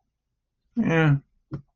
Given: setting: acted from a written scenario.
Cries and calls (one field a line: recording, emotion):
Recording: vocal sound without words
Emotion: neutral